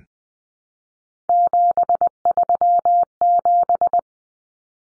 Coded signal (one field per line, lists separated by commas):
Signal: Morse code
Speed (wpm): 20 wpm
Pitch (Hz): 700 Hz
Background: none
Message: 737